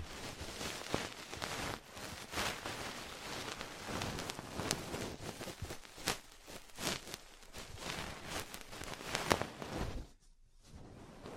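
Ear cleaning and tapping sounds fill the clip with dense, crackly rustling, broken by frequent sharp taps and pops at an irregular pace. The texture resembles rain on a surface, thick and bright throughout. Near the ten-second mark it drops briefly to near silence before resuming.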